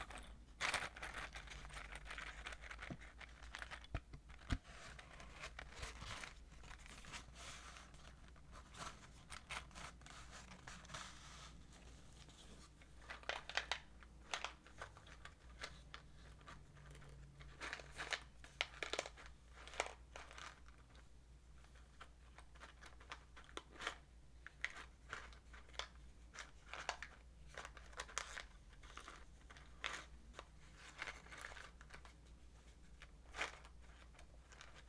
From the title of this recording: wooden matches and glass